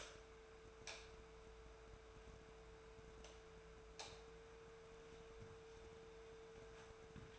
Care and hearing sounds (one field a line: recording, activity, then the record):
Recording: daily activity, microphone in the room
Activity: light on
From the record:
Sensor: 2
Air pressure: 1014.4 hPa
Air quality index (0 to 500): 175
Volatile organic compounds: 11 ppm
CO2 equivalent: 2316 ppm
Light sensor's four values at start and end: 11/27/11/12 and 15/43/17/18